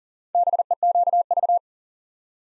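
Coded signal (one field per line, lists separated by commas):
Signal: Morse code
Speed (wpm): 40 wpm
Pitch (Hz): 700 Hz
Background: none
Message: BEQV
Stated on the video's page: Head-copy drill of random four-character letter-number groups at 40 wpm; each group sent, spoken, then sent again.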